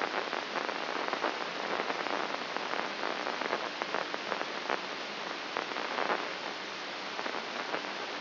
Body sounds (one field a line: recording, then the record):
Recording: brain microelectrode recording played as sound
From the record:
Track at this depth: inside the subthalamic nucleus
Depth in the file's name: 3.431 mm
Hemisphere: left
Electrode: 3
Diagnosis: Parkinson's disease